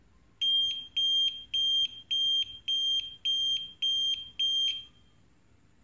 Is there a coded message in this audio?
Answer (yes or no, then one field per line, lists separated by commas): no